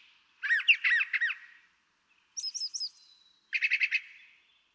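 Brown Thrasher singing three distinct phrases, each a rapid set of repeated notes: a lower slurred group, a high thin run, then a buzzy chattering group.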